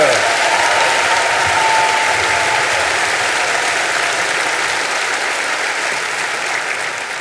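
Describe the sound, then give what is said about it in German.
A large audience claps steadily in a dense, sustained wash of applause for Viennese debutantes performing a fiery Spanish paso doble. The applause holds strong for several seconds, then gradually thins and softens toward the end. “Geben Sie einen riesen Applaus, die Wiener Debütanten mit einem feurigen spanischen Paso Doble.”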